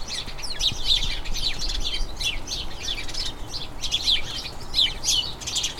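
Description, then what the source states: House sparrows chirping in a group, bursts of quick bright chirps with brief lulls between, against a faint low rumble. Colony of about a dozen house sparrows chattering incessantly in a small front garden as crocuses bloom, excitement signalling the colony turning to the breeding season.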